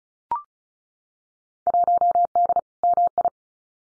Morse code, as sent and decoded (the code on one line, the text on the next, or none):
.---- -.. / -- ..
1D MI